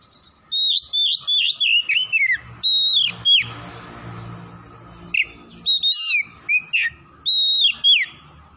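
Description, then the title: Oriental magpie-robin song, loud whistled phrases with sharp rising and falling slurs, repeated in quick bursts with short pauses, over a faint steady hum. Singing vigorously (gacor); Tretes. "Kacer Tretes Gacor"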